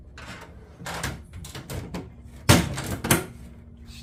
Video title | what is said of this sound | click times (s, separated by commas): Winnebago Revel Roof Top Storage Installation | snapped right in so that worked out good all right now | 3.1 s